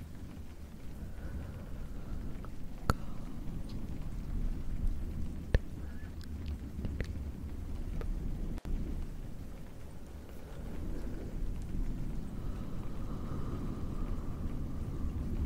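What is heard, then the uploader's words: Soft brushing against a fluffy microphone cover makes a steady, dense low rustle throughout, with rain-like patter. Sharp clicks and taps break through near 3, 5.5 and 8.5 seconds, with a few smaller ticks between, and a faint higher whine drifts in around 12 seconds. Face brushing, fluffy mic, rain.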